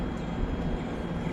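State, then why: Not seated. A wiring harness plug is lined up with the base of a Termitor LED headlight bulb, searching for the little notch that matches the plug to the back of the bulb before pushing it home. Only a steady, low broadband rumble is heard, with no distinct transients. Nothing has seated or clicked yet.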